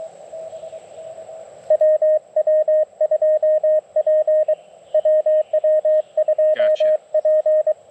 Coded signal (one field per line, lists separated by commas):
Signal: Morse code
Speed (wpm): 25 wpm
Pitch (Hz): 590 Hz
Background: radio noise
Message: WW2P WW2P